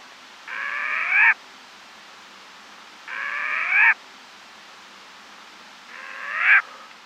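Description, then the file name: Short-eared owl uttering three drawn-out, hoarse squealing calls that rise in pitch and swell at the end, spaced about two and a half seconds apart. "Kalous pustovka"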